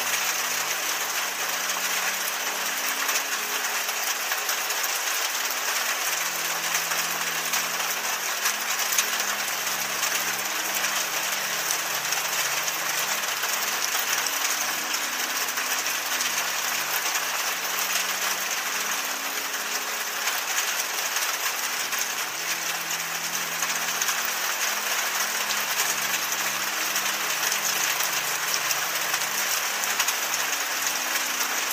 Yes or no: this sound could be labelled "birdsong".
no